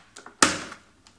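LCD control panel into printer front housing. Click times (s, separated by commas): 0.4 s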